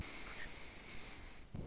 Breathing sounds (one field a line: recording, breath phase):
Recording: one breath near a microphone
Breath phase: inhalation